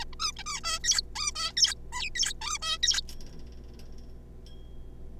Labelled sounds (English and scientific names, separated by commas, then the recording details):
Zebra Finch (Taeniopygia guttata)
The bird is a juvenile
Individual R3549